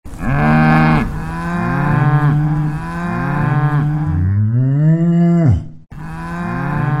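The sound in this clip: Cow mooing, several long low moos rising then falling, overlapping one another, with a deeper drawn-out moo near the end.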